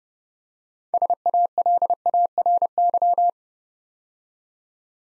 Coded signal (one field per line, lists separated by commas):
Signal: Morse code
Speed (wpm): 29 wpm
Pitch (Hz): 700 Hz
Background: none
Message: SALARY